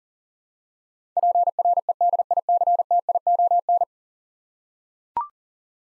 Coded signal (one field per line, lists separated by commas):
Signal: Morse code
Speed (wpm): 40 wpm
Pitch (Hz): 700 Hz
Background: none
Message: PREDICTION